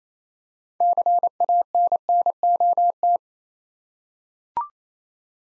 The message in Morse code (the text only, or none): CANNOT